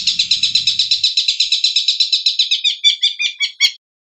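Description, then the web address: Long-tailed shrike song: rapid, steady high buzzy trill that slows into a few separate sharp chattering notes before stopping; faint low hum at first. Training recording with varied fill-in phrases. "cendet variasi isian. masteran cendet"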